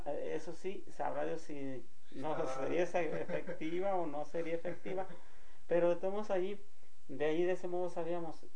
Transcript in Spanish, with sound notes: Eso sí, sabrá si sería efectiva o no sería efectiva. (risas) Pero de todos modos allí, de allí de ese modo sabíamos.